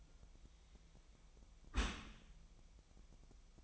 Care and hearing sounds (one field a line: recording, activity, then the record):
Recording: daily activity, microphone in the room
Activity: close dishwasher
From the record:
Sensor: 1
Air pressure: 1004.7 hPa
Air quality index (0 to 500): 119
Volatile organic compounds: 4 ppm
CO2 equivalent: 1657 ppm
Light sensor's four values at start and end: 9/21/8/9 and 9/21/8/9